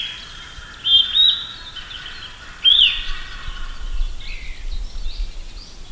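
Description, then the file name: Austral thrush song: two short bright whistled phrases near the start and another near three seconds, then softer warbled notes over a steady noisy background. Patagonia. "Zorzal Patagonico"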